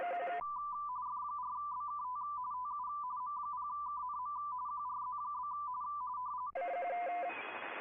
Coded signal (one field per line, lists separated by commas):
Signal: RTTY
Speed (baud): 45.45 baud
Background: radio noise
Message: F4BKT TU M0KNM QRZ?